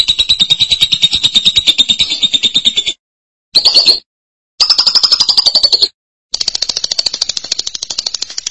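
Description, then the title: Lovebird chatter in several rapid buzzy runs broken by short silences, each run made of fast repeated squeaky pulses. "BM Suara Burung Lovebird"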